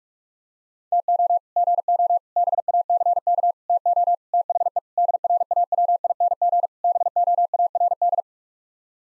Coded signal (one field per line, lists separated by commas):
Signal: Morse code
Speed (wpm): 44 wpm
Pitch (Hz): 700 Hz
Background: none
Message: TO GO BACK TO THE DRAWING BOARD